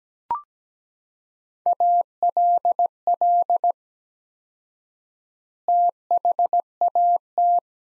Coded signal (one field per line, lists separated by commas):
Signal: Morse code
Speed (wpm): 17 wpm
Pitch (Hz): 700 Hz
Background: none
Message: ALL THAT